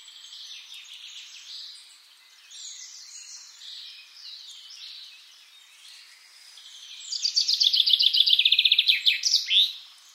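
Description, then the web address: Common chaffinch song: soft mixed birdsong, then a loud cascading trill finishing in a sharp terminal note. "SETE Fringilla coelebs"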